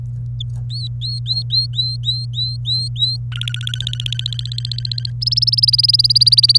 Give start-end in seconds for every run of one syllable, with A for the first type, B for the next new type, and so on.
0.40-0.42 A, 0.70-3.17 B, 3.32-5.10 C, 5.21-6.58 A